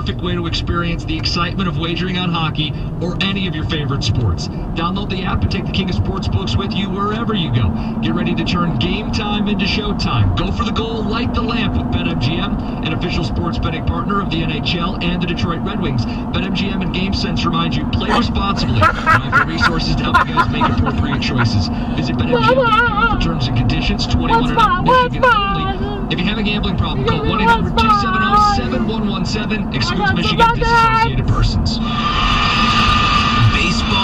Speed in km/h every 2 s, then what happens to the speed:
52, 60, 68, 76, 82, 85, 84, 84, 84, 84, 84, 84, 79, 76, 74, 74, 77.
0-9 speeds up to 85. 9-22 steady at about 84. 22-27 slows to 74. 27-34 steady at about 74.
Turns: none.